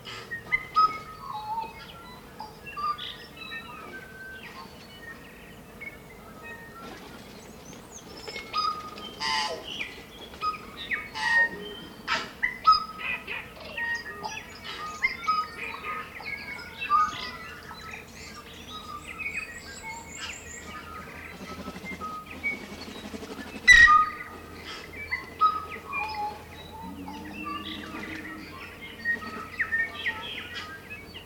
Dawn chorus with tūī in the foreground.